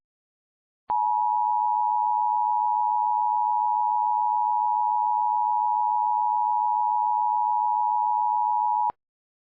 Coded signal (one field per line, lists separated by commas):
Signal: Emergency Alert System (SAME) tones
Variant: 853 and 960 Hz attention tone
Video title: (REUPLOAD) EAS Scenario - The Care Bear Revelation (THIS SUCKS AND IT WILL BE REMASTERED)